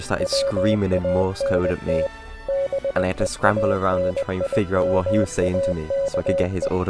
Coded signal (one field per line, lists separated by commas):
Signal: Morse code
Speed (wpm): 20 wpm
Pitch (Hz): 550 Hz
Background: speech, music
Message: WANT BE AN I MAKE